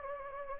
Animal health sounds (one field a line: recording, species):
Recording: mosquito wingbeat signal from an infrared sensor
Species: Anopheles gambiae